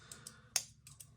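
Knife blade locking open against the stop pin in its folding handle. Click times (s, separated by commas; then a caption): 0.6 s. A CJRB Hectare folding knife's blade is flicked open in its folding handle. It hits the stop pin and the lock engages with one sharp, bright click at 0.6 s, and the blade locks in place. Fainter light ticks sound around 0.1, 0.3, 0.9 and 1.0 s over a low steady hum.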